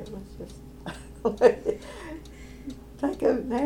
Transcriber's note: laughing